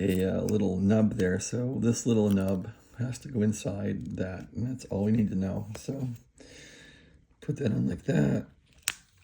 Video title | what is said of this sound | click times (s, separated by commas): Custom power supply cable HP23 a power supply to Collins 52S1 transmitter strain, relief and cover | oops Yeah that's good it clicked in there and | 8.9 s